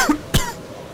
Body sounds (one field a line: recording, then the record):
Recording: coughing mixed with background sound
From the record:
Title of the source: Coughing 51